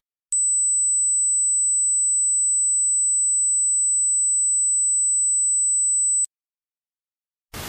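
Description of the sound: A steady, very high-pitched pure tone near 8 kHz lasting about six seconds, simulating ringing tinnitus, which is typically related to damage to the hearing organ, the cochlea.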